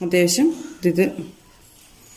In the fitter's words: lock വീണിട്ടില്ലട്ടോ lock കിട്ടുകയാണെന്നുണ്ടെങ്കിൽ നമുക്ക് ദേ ഇത് selfie stick ആയിട്ട് തന്നെ എടുക്കാം ഹൊറിസോണ്ടൽ എടുക്കാം